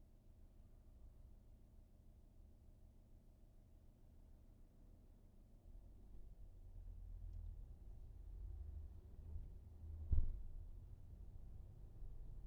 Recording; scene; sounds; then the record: everyday scene through a hearing-aid microphone; in a vehicle; engine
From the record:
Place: VW T5 Caravelle, diesel engine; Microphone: behind the ear, right, front